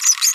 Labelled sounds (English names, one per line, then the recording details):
Green-rumped Parrotlet babbling
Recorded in a nest box in Venezuela
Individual 18B25A5